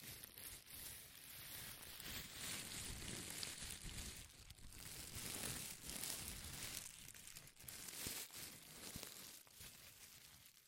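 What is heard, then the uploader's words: Dense crinkling fills the whole stretch, a steady rustle of sharp crackles with brief pauses near 4.5 and 7.5 seconds. The sound is bright and papery, with small snaps and tearing-like bursts scattered throughout. ASMR Powerful Crinkles to Make You Tingle (No Talking).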